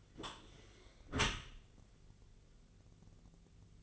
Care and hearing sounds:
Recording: daily activity, microphone in the room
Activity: close dishwasher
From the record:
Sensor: 4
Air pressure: 1001.3 hPa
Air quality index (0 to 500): 183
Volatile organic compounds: 2 ppm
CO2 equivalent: 1306 ppm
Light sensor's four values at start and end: 13/29/12/12 and 13/30/12/13

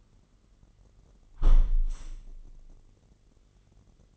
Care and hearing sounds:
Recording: daily activity, microphone in the room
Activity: close window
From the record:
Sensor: 4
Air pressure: 999.3 hPa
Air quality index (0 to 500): 117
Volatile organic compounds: 2 ppm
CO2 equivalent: 1158 ppm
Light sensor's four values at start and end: 16/38/16/17 and 16/38/15/17

